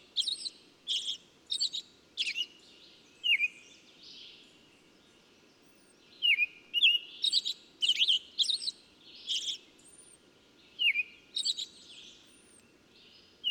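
Bird twittering in quick, sharp chirps with swooping downslurred notes, a quiet gap in the middle, and soft whistles above.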